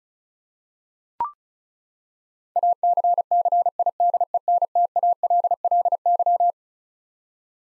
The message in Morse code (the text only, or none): ACCIDENTALLY